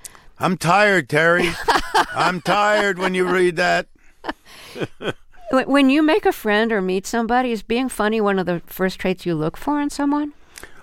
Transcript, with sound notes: I'm tired, Terry.
(Laughter).
I'm tired when you read that (laughter).
When you make a friend or meet somebody, is being funny one of the first traits you look for in someone?